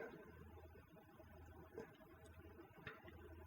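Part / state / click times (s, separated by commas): RAM module into motherboard memory slot / seated / 2.9 s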